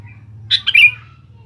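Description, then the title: Sooty-headed bulbul gives one short bubbly phrase of three quick notes, falling toward the end, over a low steady hum. "Kutilang"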